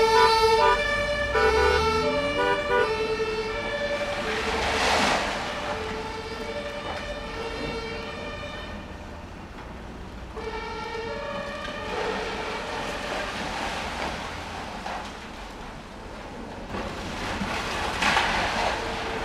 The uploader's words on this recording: Building demolition in Berlin. Location: Berlin, near the Berlin Zoologischer Garten railway station. Building demolition, sirens of the passing ambulance. Recorded with Sony PCM D50.